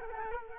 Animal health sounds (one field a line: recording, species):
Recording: mosquito wingbeat signal from an infrared sensor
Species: Culex quinquefasciatus